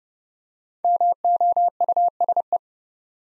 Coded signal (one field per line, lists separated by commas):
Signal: Morse code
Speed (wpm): 30 wpm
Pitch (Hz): 700 Hz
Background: none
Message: MOUSE